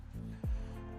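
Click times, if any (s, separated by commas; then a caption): none. A fitting or grommet is handled at a freshly drilled 3/8-inch hole in a water tank wall, with music playing throughout and a short, low thump at about 0.4 s. Nothing has seated or clicked into the hole yet.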